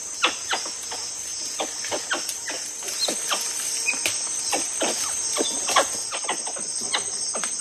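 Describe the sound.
Tufted capuchin giving brief clipped chirps and yelps at uneven intervals, beneath a constant shrill insect hum.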